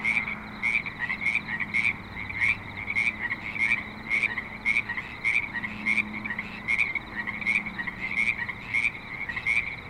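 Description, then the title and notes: Frogs croak in a lively chorus, sharp pulses repeating rapidly. Frogs at a creek in Spanish Springs, Nevada, in a suburban setting. "Frogs in Spanish Springs, NV - creek view. Frogs with light traffic and other suburban sounds"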